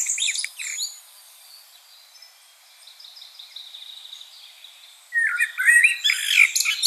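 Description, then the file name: Common blackbird song: high scratchy notes first, a quiet stretch of soft high twitter, then a louder fluty warbled phrase with squeaky notes near the end. "Turdus merula"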